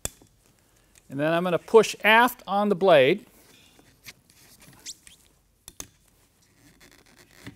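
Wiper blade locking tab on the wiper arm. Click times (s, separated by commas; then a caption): 0.1 s. Someone presses down on the plastic locking tab of a Mercedes mono windshield wiper blade on the wiper arm (W201, W124 and W129 chassis) so the blade can come off the arm, and a sharp click sounds at 0.1 s. Someone then talks, followed by a few faint ticks and taps, and the tab is released.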